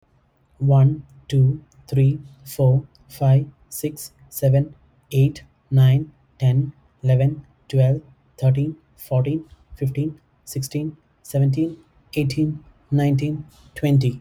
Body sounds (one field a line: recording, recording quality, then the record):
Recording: counting at a normal pace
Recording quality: excellent, no background noise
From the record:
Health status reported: respiratory illness, not identified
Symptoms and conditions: asthma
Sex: male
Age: 39 years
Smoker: not ticked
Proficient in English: yes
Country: India